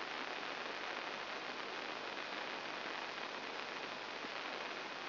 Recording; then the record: brain microelectrode recording played as sound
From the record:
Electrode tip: outside the subthalamic nucleus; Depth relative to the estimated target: 4 mm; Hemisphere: left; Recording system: AlphaMap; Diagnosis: Parkinson's disease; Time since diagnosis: 14 years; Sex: female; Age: 63 years